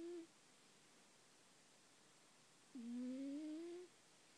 Rip the cat is snoring.